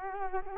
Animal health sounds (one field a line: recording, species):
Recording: mosquito wingbeat signal from an infrared sensor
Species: Culex quinquefasciatus